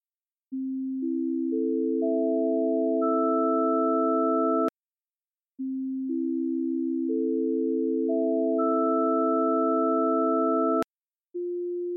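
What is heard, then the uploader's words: Pure steady tones start from a low base tone, with a higher tone added about every half second to a second until five sound together as a bright chord. Each build ends abruptly with a click near 5 and 11 seconds, repeats once, then a lone new tone begins. Descending harmonic series from a base tone.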